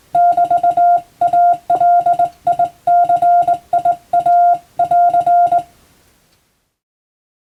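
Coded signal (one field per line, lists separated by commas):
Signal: Morse code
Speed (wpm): 22 wpm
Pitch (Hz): 700 Hz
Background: none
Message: <BT>ALICIA<AR>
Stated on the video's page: Morse receiving practice for the Japanese radiotelegraph operator national exam, using English-language telegram practice text.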